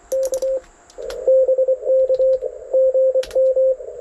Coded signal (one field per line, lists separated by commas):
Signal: Morse code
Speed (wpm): 24 wpm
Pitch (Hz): 520 Hz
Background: radio noise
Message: K BK GM